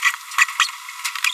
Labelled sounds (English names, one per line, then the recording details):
Green-rumped Parrotlet babbling
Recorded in a nest box in Venezuela
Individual 18B25A4